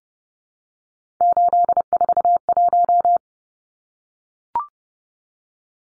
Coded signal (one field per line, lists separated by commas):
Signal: Morse code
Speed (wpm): 30 wpm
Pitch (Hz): 700 Hz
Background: none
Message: 841